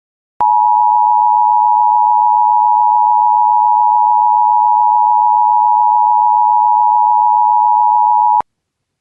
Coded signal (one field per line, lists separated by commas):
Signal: Emergency Alert System (SAME) tones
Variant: 853 and 960 Hz attention tone